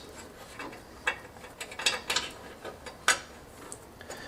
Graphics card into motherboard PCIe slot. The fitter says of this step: yeah that should work all right so we heard that click into place